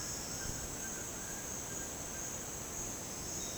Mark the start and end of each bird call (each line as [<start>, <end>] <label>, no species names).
[0.00, 2.29] bird call